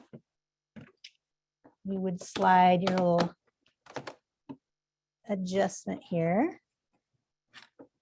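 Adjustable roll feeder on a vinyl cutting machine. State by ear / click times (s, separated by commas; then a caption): not seated / none. An adjustable roll feeder on a vinyl cutting machine is being slid and adjusted for nine-inch vinyl while someone talks, with a few faint clicks and handling taps between the words. Nothing has seated or clicked into place yet.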